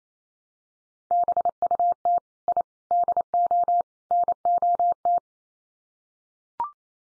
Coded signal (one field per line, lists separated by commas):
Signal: Morse code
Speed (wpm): 28 wpm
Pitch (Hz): 700 Hz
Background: none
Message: BUT I DO NOT